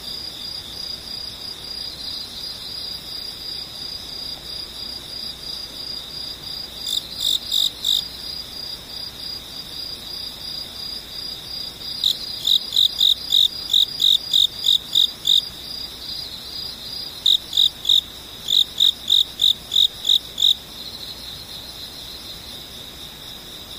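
Insects sing in a dense, steady high trill that runs through the whole recording. Louder bursts of rapid, regular chirping cut in around 7 seconds, again from about 12 to 15, and from 17 to 20.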